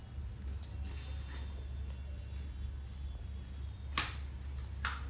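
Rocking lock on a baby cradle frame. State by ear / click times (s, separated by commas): seated / 4.0 s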